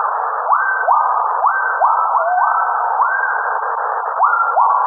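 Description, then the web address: Gibbon whoops rising sharply and leveling off, repeated in an overlapping chain against a constant hiss. Two gibbons. "alex audio two gibbons"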